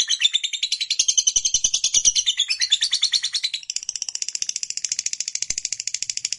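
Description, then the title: Lovebird song, a dense, rapidly pulsed, shrill chatter that shifts into a thinner, higher, evenly ticking trill halfway through. Recording played to prompt a reluctant lovebird into spontaneous, energetic singing. "LOVEBIRD Malas Bunyi JADI GREGET SPONTAN Langsung NARIK"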